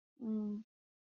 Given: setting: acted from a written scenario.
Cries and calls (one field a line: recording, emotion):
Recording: vocal sound without words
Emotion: neutral